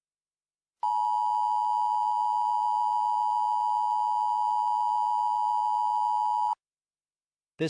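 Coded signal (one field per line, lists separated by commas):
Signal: Emergency Alert System (SAME) tones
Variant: 853 and 960 Hz attention tone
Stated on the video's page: Fictional EAS mock.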